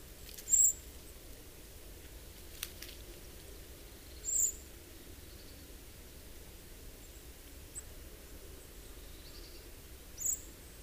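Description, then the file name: Common blackbird calls: three thin, very high seee notes, each brief and spaced several seconds apart, with a few faint clicks between. "Turdus merula"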